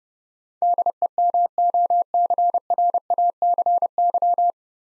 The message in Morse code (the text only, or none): DEMOCRACY